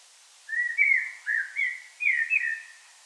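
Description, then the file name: Common blackbird delivering one continuous phrase of liquid, slurred whistles that rise and fall several times. "Turdus merula"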